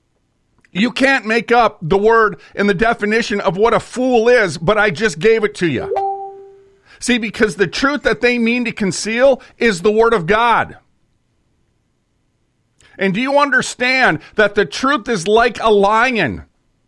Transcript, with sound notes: You can't make up the word and the definition of what a fool is, but I just gave it to you. (text message tone) See, because the truth that they mean to conceal is the Word of God. And do you understand that the truth is like a lion,